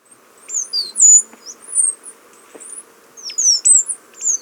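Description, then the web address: Stripe-headed brush-finch song: thin, very high whistled notes in short bursts, some sliding and some falling, over several seconds above a faint low hum. Ecuador. "Natures Songs S America Birds of Ecuador - Stripe-Headed Brush-Finch"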